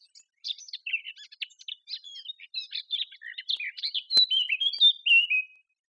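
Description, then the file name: Eurasian blackcap song: a continuous stream of scratchy twitters and varied notes, finishing in loud, clear whistled phrases with a sharp click partway. "Sylvia atricapilla"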